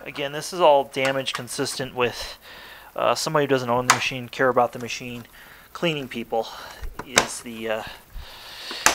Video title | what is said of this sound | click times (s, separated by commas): Miele U1 S7 Upright vacuum Complete How To Repair | we're looking for so as that all begins to snap into place make all these sounds that are a little bit frightening for a lot of people but they're perfectly normal | 8.9 s